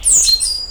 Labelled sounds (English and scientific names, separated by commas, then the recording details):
Stitchbird (Notiomystis cincta) song
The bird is a male
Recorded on Tiritiri Matangi Island, New Zealand, in 2005
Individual 12, of nest box 16